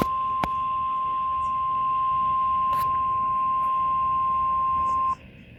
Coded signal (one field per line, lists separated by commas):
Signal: Emergency Alert System (SAME) tones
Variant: 1050 Hz attention tone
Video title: Required Weekly Tests EAS# 55-56 7/8/2026